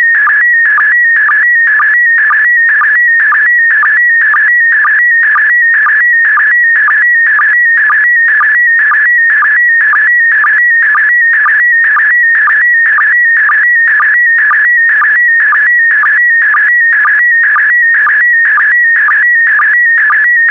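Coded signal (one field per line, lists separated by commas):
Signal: SSTV (slow-scan television)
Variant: PD120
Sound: warbling electronic tone with steady rhythmic chirps about twice a second throughout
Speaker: complete. You can now check your decoded image against the picture that is shown on the video.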